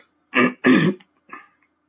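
Two forceful, rough throat-clearing bursts and a softer third one from an adult who is phlegmy today, clearing phlegm from the throat.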